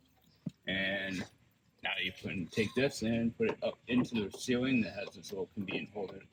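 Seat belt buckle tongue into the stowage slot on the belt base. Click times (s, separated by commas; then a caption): 0.5 s. A seat belt's metal buckle tongue, from the 2nd row middle seat of an MDX, is pushed into a small plastic stowage slot on the belt's base before the belt goes to a ceiling holder. A short sharp click at 0.5 s marks the tongue popping into the slot and seating. Someone then talks.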